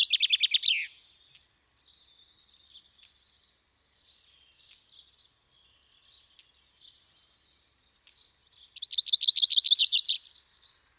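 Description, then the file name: Common chaffinch song: the end of one phrase, then after a gap of soft, thin chirps, another rapid phrase of repeated notes near the end. "Fringilla coelebs"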